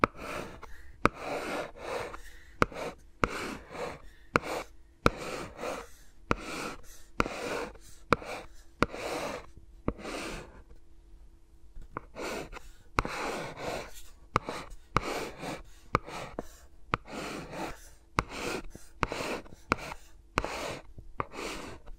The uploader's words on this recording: ASMR with Mics Around My Fingers (No Talking).